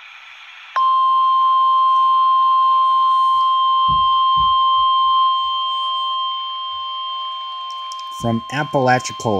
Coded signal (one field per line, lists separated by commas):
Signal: Emergency Alert System (SAME) tones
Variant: 1050 Hz attention tone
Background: speech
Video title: EAS 56 - Special Marine Warning Pensacola FL